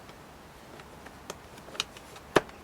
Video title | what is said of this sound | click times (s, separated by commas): Honda Odyssey 2nd Row Seat Recline Walk-in Cable Mechanism Repair 3rd Generation 2005 - 2010 | you're going to put it at an angle and then just slide it in carefully until it snaps into place | 2.4 s